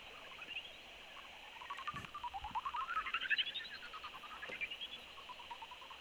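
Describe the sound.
Greater horseshoe bat calls: a fast train of short pulses that sweep down and up in pitch, loudest midway and fading toward the end.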